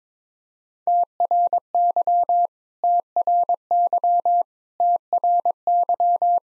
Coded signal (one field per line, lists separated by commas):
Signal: Morse code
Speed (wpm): 22 wpm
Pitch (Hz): 700 Hz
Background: none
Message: TRY TRY TRY